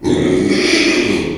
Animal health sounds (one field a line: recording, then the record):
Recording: squeal of a Yucatan mini pig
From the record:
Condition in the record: after surgery on the right vocal fold (resection and tissue-engineered implant)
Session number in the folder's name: 2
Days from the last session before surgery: 13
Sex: male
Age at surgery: 12 weeks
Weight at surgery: 13 kg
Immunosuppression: cyclosporine, prednisolone